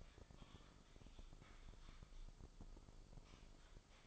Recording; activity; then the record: daily activity, microphone in the room; typing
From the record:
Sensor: 5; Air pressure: 995.4 hPa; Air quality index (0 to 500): 87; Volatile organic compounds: 4 ppm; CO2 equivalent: 1614 ppm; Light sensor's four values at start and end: 36/87/35/37 and 36/87/35/37